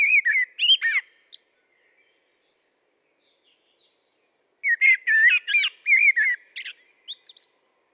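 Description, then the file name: Common blackbird song: a short phrase at the start, a pause, then a longer warbled phrase of fluted notes with high squeaky twitters. "Turdus merula"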